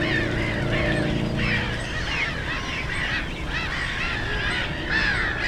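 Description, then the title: Black-headed gulls giving raucous, arched kee-ar calls, many overlapping; a low droning engine sound fills the first two seconds, then fades. Post-coal-mining area turned nature complex, Frog Ponds (Żabie Doły), Bytom, Poland; ponds full of birds, black-headed gulls loudest; nearby DK79 road and railway noise; recorded with Zoom F4 and AT BP4025. "Żabie Doły, Bytom, Polska - Black-headed gulls at Frog Ponds complex"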